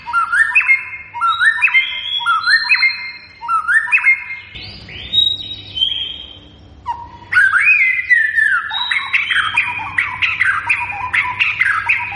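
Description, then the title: White-rumped shama song of repeated slurred whistle phrases, then a brief pause and a burst of loud, rich, tumbling notes and chattering flourishes. Lure recording meant to prompt shamas to respond and sing; bird described as gacor, singing actively and persistently. "PANCINGAN MURAI BATU GACOR"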